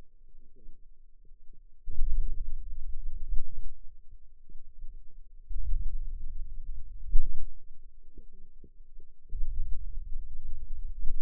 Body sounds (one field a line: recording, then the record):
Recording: forearm muscle sounds (acoustic myography)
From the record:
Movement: hand opening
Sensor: system 2, bracelet of six BSWA MPA416 microphones around the upper forearm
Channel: 1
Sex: female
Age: 21 years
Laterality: right